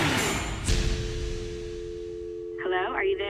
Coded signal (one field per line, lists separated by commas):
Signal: telephone call progress tone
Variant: North America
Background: speech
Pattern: dial tone